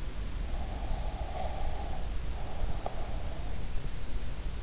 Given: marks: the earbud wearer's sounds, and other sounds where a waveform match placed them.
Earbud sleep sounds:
sounds in sleep by an in-ear microphone; breath
0.68-3.72 s: breath

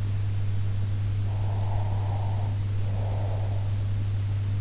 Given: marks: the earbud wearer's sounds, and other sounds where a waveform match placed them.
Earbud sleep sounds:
sounds in sleep by an in-ear microphone; breath
1.22-3.65 s: breath

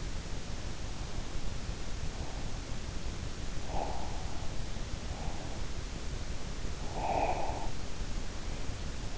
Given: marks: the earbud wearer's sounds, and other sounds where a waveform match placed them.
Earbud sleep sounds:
sounds in sleep by an in-ear microphone; breath
0.85-2.77 s: breath
3.66-5.59 s: breath
6.81-9.18 s: breath

